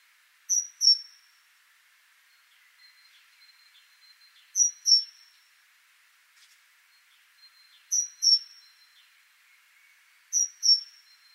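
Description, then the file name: Great tit giving four bright, high two-note phrases, each pair quick and clipped, spaced about two to four seconds apart over a faint background hiss. "Parus major"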